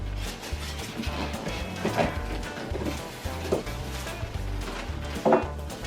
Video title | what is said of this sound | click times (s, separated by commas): The Acer R271 bid, monitor nice looking but........ | It's gonna just snap right into the back. | 5.3 s